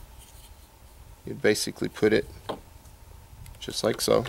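A metal/polymer box magazine is pushed up toward the magazine well of a Henry AR-7 takedown .22 rifle while someone talks, with faint handling and rubbing sounds between the words. Nothing has seated or clicked yet.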